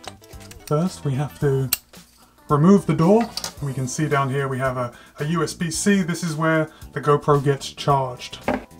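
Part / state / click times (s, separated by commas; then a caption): action camera into media mod housing / not seated / none. A GoPro Hero 9 action camera is handled with its plastic Media Mod housing, with the door removed to expose the USB-C charging port, while someone talks and brief handling clicks and taps sound near the start at 0.1, 0.2 and 0.5 s. The camera has not yet slid in and nothing has seated or clicked into place by the end of the clip.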